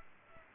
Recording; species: mosquito wingbeat signal from an infrared sensor; Aedes aegypti